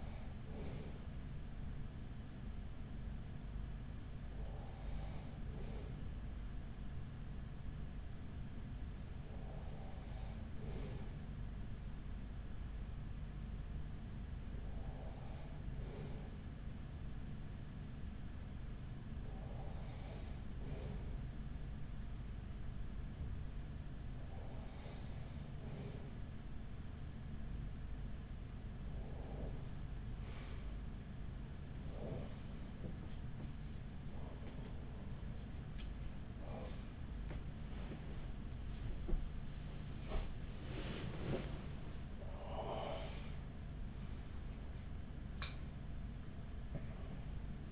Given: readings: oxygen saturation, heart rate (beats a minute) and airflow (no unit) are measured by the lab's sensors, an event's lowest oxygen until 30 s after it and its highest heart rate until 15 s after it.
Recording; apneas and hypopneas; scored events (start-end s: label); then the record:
a person awake in a sleep study, by a smartphone at the bedside; 1
17.00-47.71 s: new sleep stage, awake
20.00-30.90 s: hypopnea (scored as awake, oxygen 95% highest, then 93% lowest, heart rate 43 at the start, 59 highest)
20.00-47.71 s: awake
From the record:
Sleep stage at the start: N2 (light sleep); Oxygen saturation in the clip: 93 to 95%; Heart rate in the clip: 41 to 59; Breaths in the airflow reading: 10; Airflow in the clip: -6.9 to 8.2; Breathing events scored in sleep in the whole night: 207 in 7.6 hours asleep